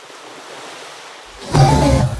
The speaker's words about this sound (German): Er hat doch nur geatmet und dabei diese große Regenwolke gemacht. Ja, die verbrauchte Atemluft wird bei Walen richtig explosionsartig mit hohem Druck aus den Lungen und dann aus dem Blasloch geschleudert.